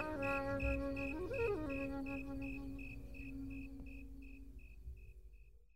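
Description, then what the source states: Snowy tree cricket song, evenly spaced high chirps about three per second, steady throughout, while music plays and fades out. Calling from trees about 15 minutes after sunset at summer's end, September 2018, Bobolink Trail by South Boulder Creek, Boulder County; about 70°F.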